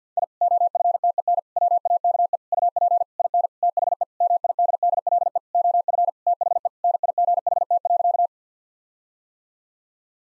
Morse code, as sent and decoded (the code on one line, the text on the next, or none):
.. / --- ..-. - . -. / .-- .- -.- . / ..- .--. / .. -. / - .... . / -- .. -.. -.. .-.. . / --- ..-. / - .... . / -. .. --. .... - .-.-.-
I OFTEN WAKE UP IN THE MIDDLE OF THE NIGHT.